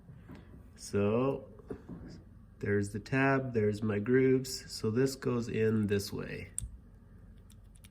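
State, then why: Seated. Someone talks while a Yamaha headlight wiring terminal is lined up with its grooves facing the housing tab and pushed into the plastic connector housing. Short sharp clicks at 7.8 s and 7.9 s mark the terminal snapping into place, seated in the housing.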